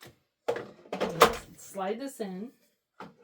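The plastic outer bowl holding the pint is slid into the base of a Ninja Creami Deluxe 11-in-1 ice cream maker while someone talks. Short handling knocks are heard. Nothing has seated or clicked yet.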